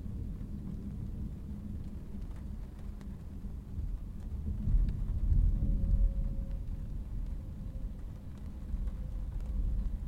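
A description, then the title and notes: Rain on a windshield, heard from inside a car, under a deep steady rumble. Scattered drops tap lightly throughout while the low drone swells between about five and seven seconds. A faint thin tone appears near the middle and lingers to the end. Rain on Windshield, West. I was driving to Waco for an assignment when I hit a bad thunderstorm. I left my H5 rolling on my dashboard to try and catch some of the storm as it moved on. The sound of rain from inside a car.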